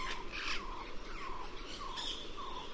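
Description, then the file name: Cuban amazon calls: a quick series of short, down-slurred, nasal squawks repeated about twice a second. "cuban parrot"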